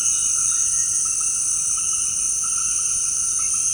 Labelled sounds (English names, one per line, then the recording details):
none
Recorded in secondary vegetation near Puerto Asís, Putumayo, Colombia, on 8 March 2025 at 18:00
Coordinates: 0.502, -76.326
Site G100